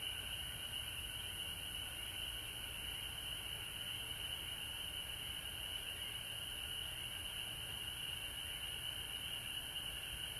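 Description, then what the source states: Continuous frog chorus, a shrill high sound over a lower steady hum, never pausing. Recorded at home in Georgia on March 19, 2020.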